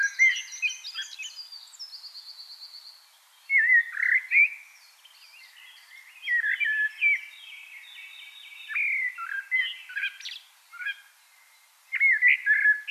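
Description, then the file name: Common blackbird song, fluted and warbling phrases with scratchy high twitters, coming in several bursts. "Turdus merula"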